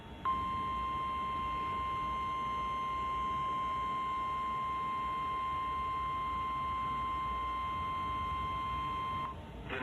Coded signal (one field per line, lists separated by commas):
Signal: Emergency Alert System (SAME) tones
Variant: 1050 Hz attention tone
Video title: (EAS #4-6) 3 More Severe Thunderstorm Warnings for N.C. (7/20/2020)